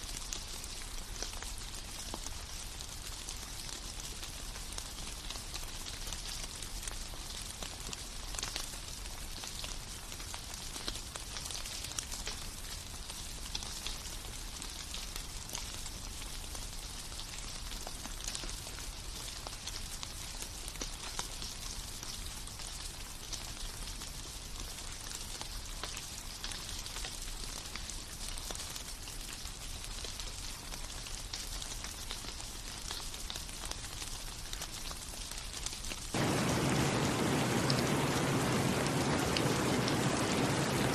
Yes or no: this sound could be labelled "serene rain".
yes